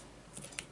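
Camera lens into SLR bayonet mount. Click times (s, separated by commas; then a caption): 0.6 s. A camera lens is aligned red dot to red dot on the bayonet mount of a Minolta X300 film SLR camera and twisted clockwise, with faint scraping ticks around 0.4 s and 0.5 s. A sharp click at 0.6 s marks the bayonet latch catching, and the lens is seated and locked in place.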